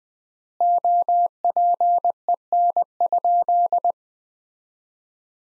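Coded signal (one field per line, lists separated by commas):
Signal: Morse code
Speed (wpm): 20 wpm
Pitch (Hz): 700 Hz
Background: none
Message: OPEN?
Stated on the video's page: Morse practice sentences from the top 300 words at 20 wpm with 4x word spacing, a Farnsworth-like approach.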